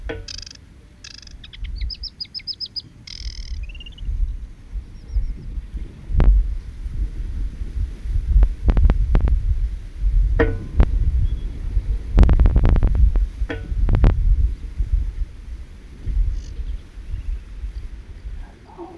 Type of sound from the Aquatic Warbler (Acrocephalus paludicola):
song